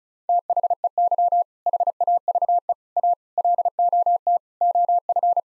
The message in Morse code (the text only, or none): THEY HAVE A LOT OF